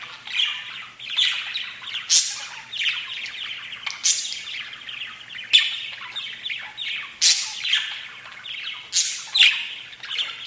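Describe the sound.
Budgerigar chatter, scratchy warbling phrases broken by loud rising squeaks every couple of seconds.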